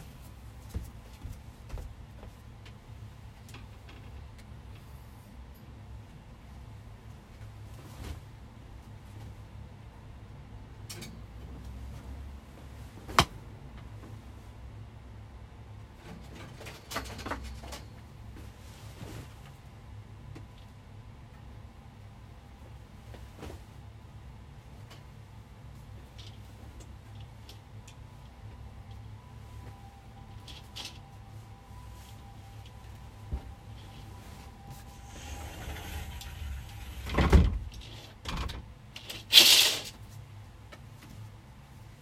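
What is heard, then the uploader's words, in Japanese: Cleaning and tidying while a desk and sofa are moved around. A steady low hum fills the background, broken by scattered knocks and short scrapes, with a sharp tap near 13 seconds. Louder shuffling, bumps and a thud cluster in the final seconds. 掃除と片付け。机とソファの位置を変える。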